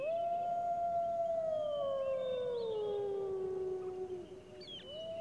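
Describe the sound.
Wolf howl, a long steady tone slowly falling in pitch, then a second howl beginning near the end.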